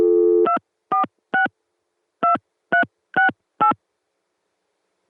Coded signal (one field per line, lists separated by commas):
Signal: DTMF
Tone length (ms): 120 ms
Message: 246 2368